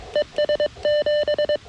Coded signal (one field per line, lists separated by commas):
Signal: Morse code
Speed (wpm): 22 wpm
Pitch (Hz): 600 Hz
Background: none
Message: ES7